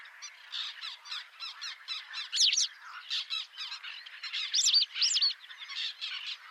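White wagtail calls, a dense run of high chirping notes with brighter, louder notes standing out from the chatter at intervals.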